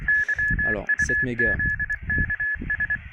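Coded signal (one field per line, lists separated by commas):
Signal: Morse code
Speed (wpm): 23 wpm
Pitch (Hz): 1700 Hz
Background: speech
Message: YUZKS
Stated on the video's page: Morse heard on an i-radio UV98+ (APRS GPS HF VHF UHF) during a field test, with telescopic 16-70 cm antenna or roll-out HF antenna.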